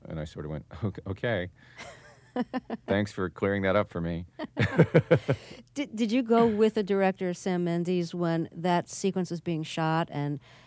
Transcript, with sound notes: And I sort of went, "OK, thanks for clearing that up for me."
(LAUGHTER)
Did you go with the director, Sam Mendes, when that sequence was being shot,